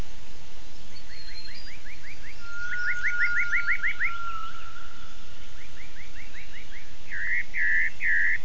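Gibbon call: series of quick upswept whistled notes speeding up into a rapid run, a long steady tone beneath, then louder wavering hoots at the end.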